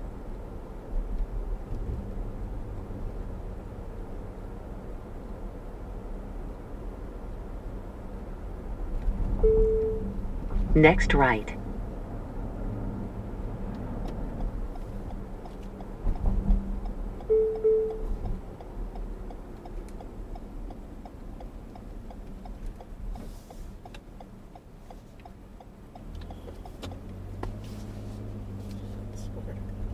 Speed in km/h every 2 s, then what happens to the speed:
53, 53, 56, 58, 58, 56, 56, 55, 52, 47, 35, 23, 19, 19, 24.
0-13 steady at about 56. 13-26 slows to 19.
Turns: none.